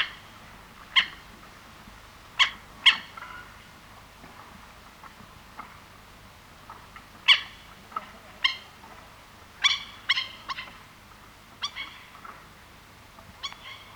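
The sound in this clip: Pied kingfisher giving sharp, high clicking call notes, singly and in quick pairs or short bursts, scattered irregularly over a quiet low hum.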